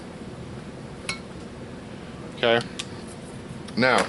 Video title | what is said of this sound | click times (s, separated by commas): 2007 Mini Cooper S R56 Cylinder Head Installation Part 1 | and you'll hear it snap in place. | 1.1 s